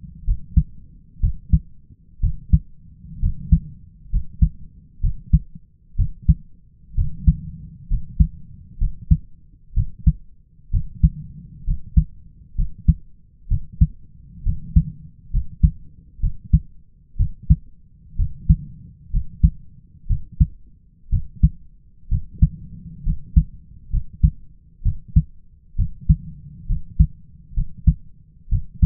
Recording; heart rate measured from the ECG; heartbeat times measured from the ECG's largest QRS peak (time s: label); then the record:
heart sounds by stethoscope; 64 bpm
0.25 s: heartbeat
1.21 s: heartbeat
2.21 s: heartbeat
3.20 s: heartbeat
4.10 s: heartbeat
5.01 s: heartbeat
5.96 s: heartbeat
6.95 s: heartbeat
7.88 s: heartbeat
8.78 s: heartbeat
9.74 s: heartbeat
10.71 s: heartbeat
11.65 s: heartbeat
12.56 s: heartbeat
13.48 s: heartbeat
14.43 s: heartbeat
15.31 s: heartbeat
16.20 s: heartbeat
17.17 s: heartbeat
18.16 s: heartbeat
19.10 s: heartbeat
20.07 s: heartbeat
21.10 s: heartbeat
22.09 s: heartbeat
23.03 s: heartbeat
23.90 s: heartbeat
24.83 s: heartbeat
25.76 s: heartbeat
26.66 s: heartbeat
27.54 s: heartbeat
28.49 s: heartbeat
From the record:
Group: healthy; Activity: rest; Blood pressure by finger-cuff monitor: 117/65 mmHg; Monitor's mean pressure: 77 mmHg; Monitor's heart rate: 63 bpm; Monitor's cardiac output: 4.9 L/min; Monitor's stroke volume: 78 mL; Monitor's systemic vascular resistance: 1140 dyn s/cm5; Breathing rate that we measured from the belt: 15 breaths a minute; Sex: male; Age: 20 years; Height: 167 cm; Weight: 61 kg